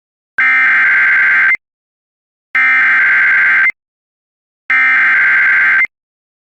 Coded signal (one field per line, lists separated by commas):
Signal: Emergency Alert System (SAME) tones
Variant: header bursts